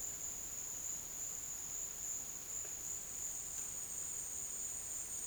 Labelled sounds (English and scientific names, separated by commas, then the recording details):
none
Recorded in dense forest near Puerto Asís, Putumayo, Colombia, on 23 June 2025 at 11:00
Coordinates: 0.484, -76.325
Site H65